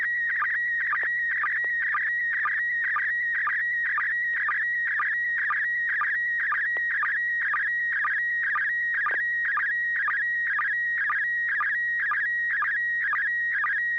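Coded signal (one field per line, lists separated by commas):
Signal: SSTV (slow-scan television)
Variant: PD120 mode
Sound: continuous warbling tone between mid pitches, with a short low chirp every half second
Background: steady low hum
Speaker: thank you this is going to be uh PD 120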